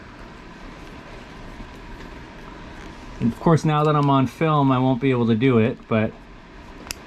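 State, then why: Released. A crimped metal terminal pin is worked out of a plastic wiring connector housing with slight backward pulling pressure on the wire. Someone talks from about 3.3 to 6.1 s over a low steady background hum. The pin releases from the housing with a sharp click at 6.9 s.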